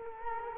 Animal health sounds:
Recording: mosquito wingbeat signal from an infrared sensor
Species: Culex quinquefasciatus

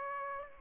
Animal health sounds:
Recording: mosquito wingbeat signal from an infrared sensor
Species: Aedes aegypti

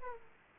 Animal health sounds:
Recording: mosquito wingbeat signal from an infrared sensor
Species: Aedes aegypti

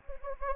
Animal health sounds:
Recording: mosquito wingbeat signal from an infrared sensor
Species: Anopheles gambiae

